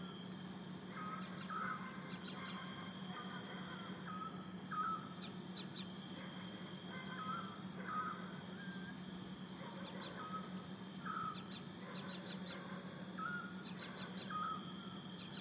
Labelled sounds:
Eurasian Scops Owl (Otus scops)

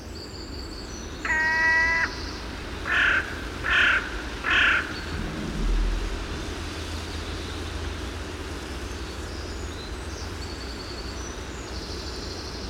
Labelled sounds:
Carrion Crow (Corvus corone) call

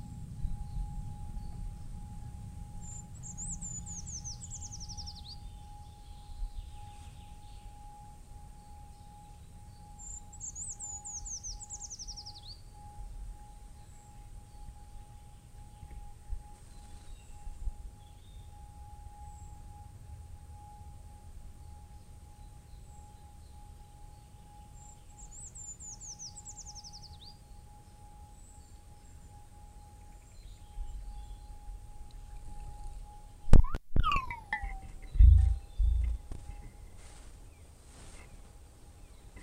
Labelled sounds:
Eurasian Treecreeper (Certhia familiaris)

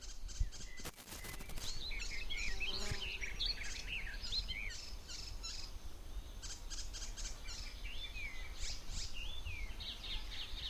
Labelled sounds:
Icterine Warbler (Hippolais icterina) song

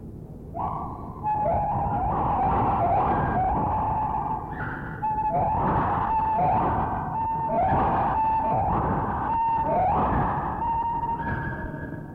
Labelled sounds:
Lar Gibbon (Hylobates lar)

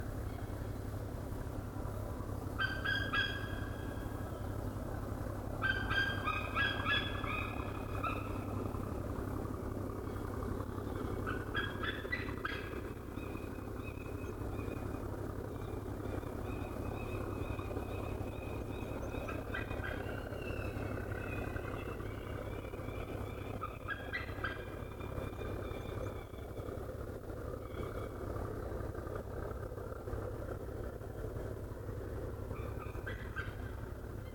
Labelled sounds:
White-tailed Eagle (Haliaeetus albicilla) call

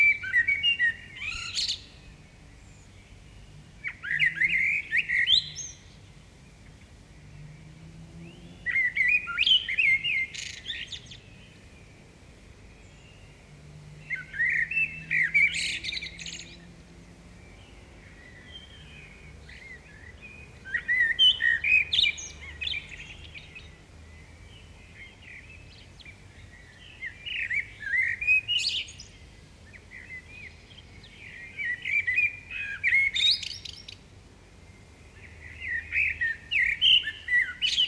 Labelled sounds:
Common Blackbird (Turdus merula) song

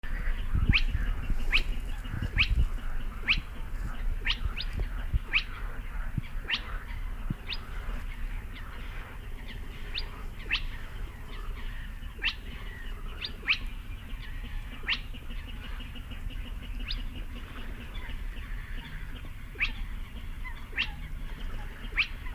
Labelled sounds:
Spotted Crake (Porzana porzana)

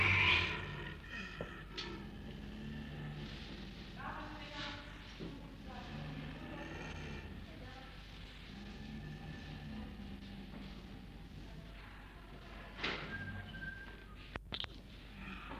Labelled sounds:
Snow Leopard (Uncia uncia)

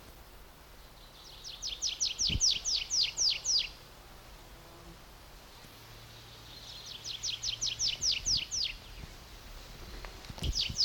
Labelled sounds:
Tree Pipit (Anthus trivialis)

